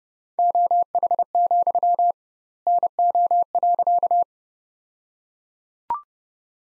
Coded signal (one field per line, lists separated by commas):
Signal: Morse code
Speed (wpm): 32 wpm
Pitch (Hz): 700 Hz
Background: none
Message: OH, NO.